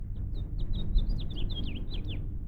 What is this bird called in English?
House Finch